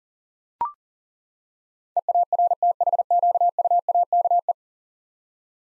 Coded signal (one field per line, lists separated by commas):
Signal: Morse code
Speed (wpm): 40 wpm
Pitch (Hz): 700 Hz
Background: none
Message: EARTHQUAKE